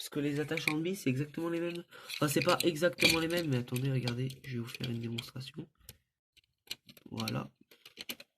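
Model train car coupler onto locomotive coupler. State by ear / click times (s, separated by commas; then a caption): not seated / none. Someone talks while handling a model train car with a plastic coupler next to a locomotive's coupler, with a few short, light taps and ticks of handling from about 5.9 s onward. The car's coupler has not yet been pushed onto the locomotive's coupler, and nothing has clipped on or seated yet.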